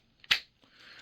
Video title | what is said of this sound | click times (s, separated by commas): Kizer Begleiter fixed vlade review ! | again great positive click on re-entry um | 0.3 s